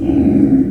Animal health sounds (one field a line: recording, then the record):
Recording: squeal of a Yucatan mini pig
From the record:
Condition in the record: after surgery on the right vocal fold (resection and tissue-engineered implant)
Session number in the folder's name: 1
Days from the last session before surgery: 13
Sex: female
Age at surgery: 19 weeks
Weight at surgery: 25 kg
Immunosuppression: prednisolone